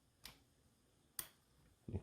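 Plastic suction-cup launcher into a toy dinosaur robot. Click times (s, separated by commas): 0.3 s, 1.2 s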